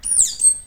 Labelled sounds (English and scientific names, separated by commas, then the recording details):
Stitchbird (Notiomystis cincta) song
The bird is a male
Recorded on Tiritiri Matangi Island, New Zealand, in 2005
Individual 11, of nest box 13